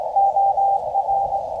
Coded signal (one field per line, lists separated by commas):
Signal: Morse code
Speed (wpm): 17 wpm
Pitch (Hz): 790 Hz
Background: radio noise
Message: OR